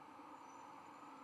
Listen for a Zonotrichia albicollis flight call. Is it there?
no